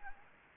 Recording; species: mosquito wingbeat signal from an infrared sensor; Anopheles gambiae